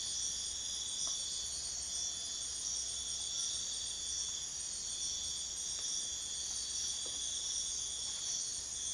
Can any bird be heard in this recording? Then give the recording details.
no. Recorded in pastures near Puerto Asís, Putumayo, Colombia, on 22 June 2025 at 04:30. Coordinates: 0.502, -76.324. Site G010